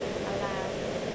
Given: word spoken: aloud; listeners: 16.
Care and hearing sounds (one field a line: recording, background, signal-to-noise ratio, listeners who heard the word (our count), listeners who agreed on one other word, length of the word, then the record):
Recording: one English word in noise, from a listening test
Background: speech-shaped noise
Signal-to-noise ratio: -5.5 dB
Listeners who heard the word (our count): 3 of 16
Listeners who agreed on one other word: 13 of 16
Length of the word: 0.75 s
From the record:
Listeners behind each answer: 13, 3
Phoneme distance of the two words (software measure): 7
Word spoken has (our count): 2 syllables, 4 phonemes, stress on syllable 2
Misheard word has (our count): 2 syllables, 3 phonemes, stress on syllable 2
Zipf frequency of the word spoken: 3.58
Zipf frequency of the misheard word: 4.76